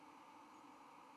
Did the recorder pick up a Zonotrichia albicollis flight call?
no